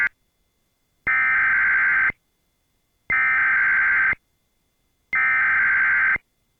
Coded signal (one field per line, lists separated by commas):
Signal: Emergency Alert System (SAME) tones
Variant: header bursts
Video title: EAS 1648: NWS Des Moines Tornado Warning